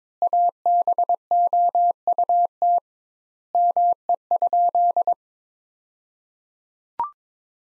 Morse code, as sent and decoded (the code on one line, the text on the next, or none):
.- -... --- ..- - / -- . ..--..
ABOUT ME?